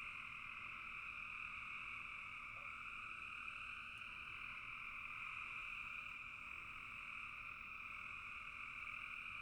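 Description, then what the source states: Frogs chorusing in a constant high trill, with a brief click partway through. Frogs calling in a bog.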